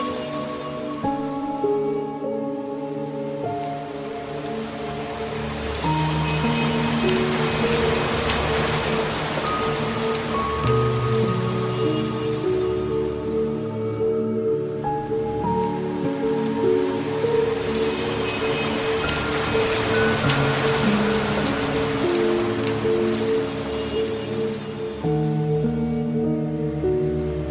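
Gentle rain patters steadily beneath soft, slow piano notes, with a sustained tone and rhythmic swells rising roughly every twelve seconds.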